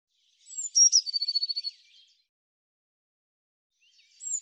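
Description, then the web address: Eurasian blue tit call: a few very high, thin notes lead into a quick run of several even, buzzy pulses lasting under a second, then another high note starts near the end. "Deverinetal"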